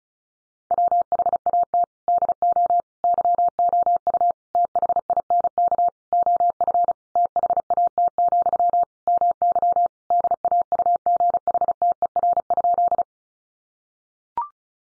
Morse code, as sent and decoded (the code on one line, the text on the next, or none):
.-- .... .- - / -.. --- / -.-- --- ..- / - .... .. -. -.- / --- ..-. / - .... .- - --..-- / -- -.-- / -.. .- ..- --. .... - . .-. ..--..
WHAT DO YOU THINK OF THAT, MY DAUGHTER?